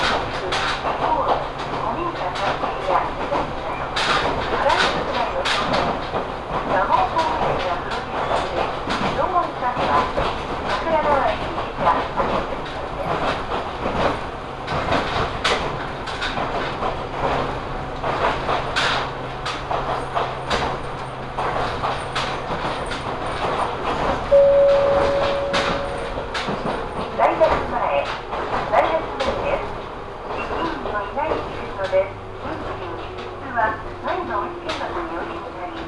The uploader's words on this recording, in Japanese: 耳で楽しむ鉄道旅 水口・蒲生野線 八日市→貴生川。近江鉄道の南部を走る路線、水口を通りながら貴生川へと抜けていきます。